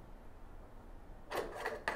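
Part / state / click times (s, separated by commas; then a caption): hookah upper stem section into its click-lock base joint / seated / 1.9 s. The upper stem section of a black metal Steamulation Prime Pro X hookah is lifted out and dropped back into its click-360 lock base joint. After a quiet stretch, a rattling metal scrape starts at about 1.3 s, and a sharp click at 1.9 s marks the stem locking home. Once locked, it can still rotate.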